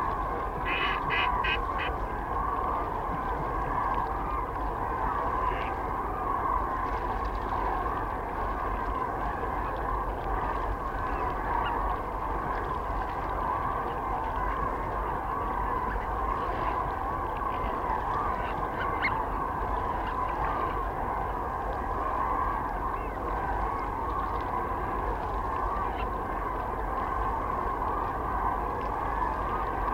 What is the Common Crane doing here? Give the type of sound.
call